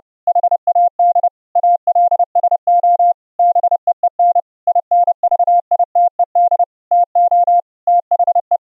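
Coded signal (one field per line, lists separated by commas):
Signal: Morse code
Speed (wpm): 30 wpm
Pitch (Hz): 700 Hz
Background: none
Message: HAD ALSO BEEN INVITED TO THE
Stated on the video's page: Harsh square-wave sidetone from a CW keyer's audio output, cleaned up with PulseEffects for over-IP contacts via SonoBus.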